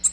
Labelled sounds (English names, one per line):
Nashville Warbler flight call